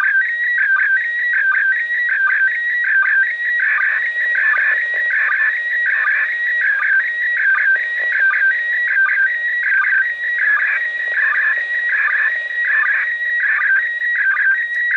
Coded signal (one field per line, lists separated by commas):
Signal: SSTV (slow-scan television)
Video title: ISS International Space Station Listen SSTV